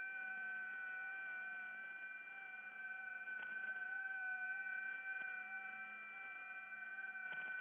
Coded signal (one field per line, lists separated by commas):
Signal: FT8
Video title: [ARCHIVE] Music, Ham Radio Voices & FT8 — Offline World-wide Comms from the Edge of the Net